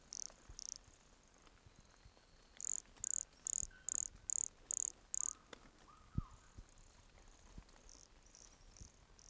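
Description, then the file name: Pumpkin toadlet calling a string of seven high, short pulsed buzzes at an even rhythm, with softer notes before and after. Recorded at Entroncamento, Teba, in January 2020, with the animal 20 cm from the microphone. "MHNCI Brachycephalus sulfuratus Entroncamento Teba 20 cm from microphone LFR JAN-2020"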